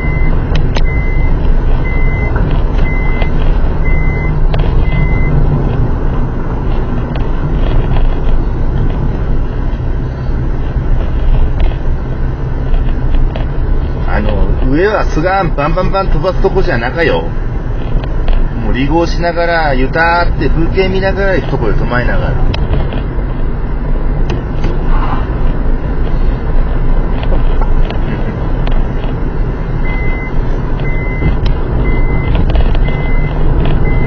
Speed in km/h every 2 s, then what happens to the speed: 43, 43, 42, 36, 36, 36, 36, 36, 37, 38, 42, 44, 45, 48, 45, 46, 47.
0-7 slows to 36. 7-15 steady at about 36. 15-25 speeds up to 48. 25-34 steady at about 46.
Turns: none.